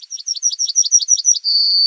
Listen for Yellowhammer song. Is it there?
yes